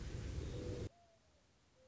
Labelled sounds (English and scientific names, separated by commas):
Mourning Dove (Zenaida macroura)